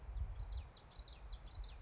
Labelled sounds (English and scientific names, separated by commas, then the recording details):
Common Yellowthroat (Geothlypis trichas)
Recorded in Sonoma County, California